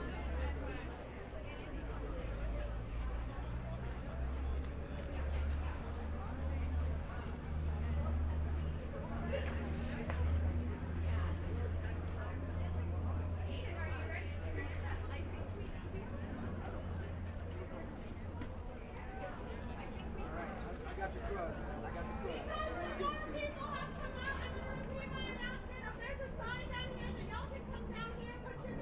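A high school walkout outdoors: a crowd talks and murmurs steadily under a constant low rumble, with brighter voices rising near the end.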